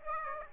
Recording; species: mosquito wingbeat signal from an infrared sensor; Aedes aegypti